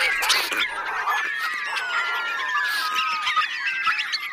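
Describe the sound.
Bats giving shrill squeaks and twittering calls in a continuous overlapping mass, with brief clicks.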